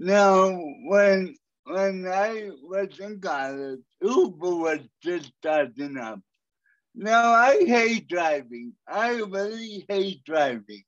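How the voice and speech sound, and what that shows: Slow, somewhat nasal adult male speech with stretched sounds and blurred consonants, fitting mild dysarthria from cerebral palsy that he lives with; listeners notice his voice as different.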